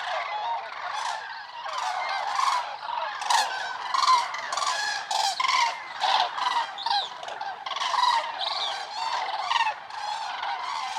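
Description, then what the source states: Common cranes in a loud flock chorus, harsh trumpeting calls overlapping in surging bursts, swelling and dipping every second or so. Wild flock at migration stopover, Lac du Der reservoirs, eastern France, November; over 200,000 cranes counted; most continue to Spain; Nagra Seven recorder, MKH8020 stereo microphones.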